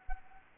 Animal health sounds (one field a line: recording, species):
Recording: mosquito wingbeat signal from an infrared sensor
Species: Anopheles arabiensis